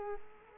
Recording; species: mosquito wingbeat signal from an infrared sensor; Culex quinquefasciatus